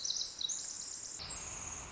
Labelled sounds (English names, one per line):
Pacific Wren